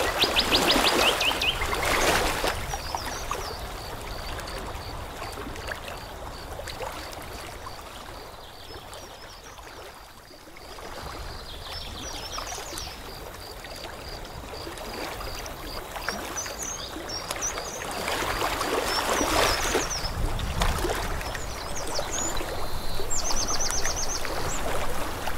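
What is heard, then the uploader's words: Water laps gently at a lakeside shore, a steady wash with soft splashes that swell louder near the start, around twenty seconds, and at the end, easing quieter near ten seconds. High, thin chirps of birds sound faintly throughout in the background. Water Lapping at the Lakeside. Nature sounds of gentle water lapping at the shore.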